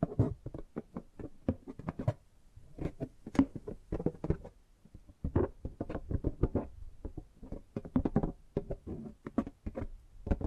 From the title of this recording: Tapping and Gripping Sounds